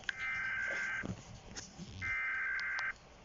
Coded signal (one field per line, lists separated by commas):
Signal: Emergency Alert System (SAME) tones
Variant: header bursts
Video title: rating eas alarms pt 1